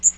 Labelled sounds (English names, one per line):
Magnolia Warbler flight call